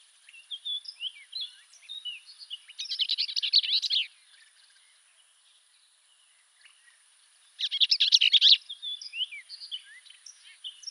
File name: Orchard Oriole - Icterus spurius